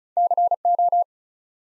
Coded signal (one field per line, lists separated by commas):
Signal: Morse code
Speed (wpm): 36 wpm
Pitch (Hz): 700 Hz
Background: none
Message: CO